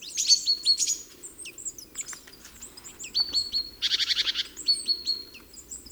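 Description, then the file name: Great tit calls: high chirps and whistled notes, with a scratchy rattling churr in the middle, then more chirping. "Parus major"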